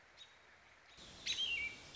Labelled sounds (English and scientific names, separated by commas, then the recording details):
American Robin (Turdus migratorius)
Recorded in Sonoma County, California